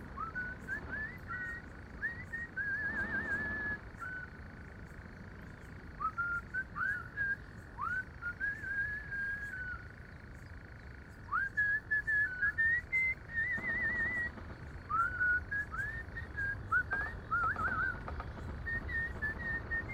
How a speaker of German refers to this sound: Da spitzt er seine Lippen und pfeift die vertraute Schlagermelodie.